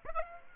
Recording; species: mosquito wingbeat signal from an infrared sensor; Aedes aegypti